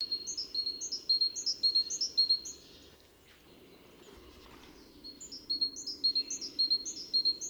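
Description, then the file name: Great tit song: quick repeated two-note high phrases, a pause midway, then the see-sawing phrases resume, with low steady background noise throughout. "Parus major"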